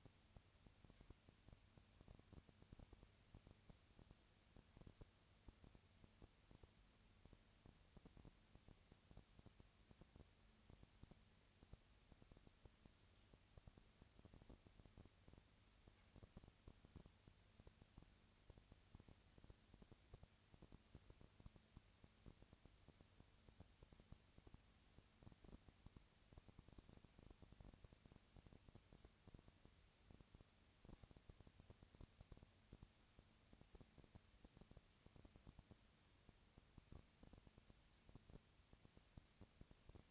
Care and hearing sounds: daily activity, microphone in the room; no activity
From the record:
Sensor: 2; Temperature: 20.1 degrees Celsius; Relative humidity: 35.5%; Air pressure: 996.8 hPa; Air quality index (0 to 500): 197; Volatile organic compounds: 30 ppm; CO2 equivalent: 2952 ppm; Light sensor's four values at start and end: 2/3/2/2 and 2/3/2/2

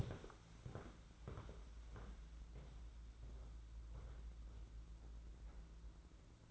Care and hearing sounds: daily activity, microphone in the room; walk to room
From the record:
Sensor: 3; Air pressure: 992.0 hPa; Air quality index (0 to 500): 226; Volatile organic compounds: 1000 ppm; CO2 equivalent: 7788 ppm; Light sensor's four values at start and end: 22/63/26/22 and 25/76/31/26

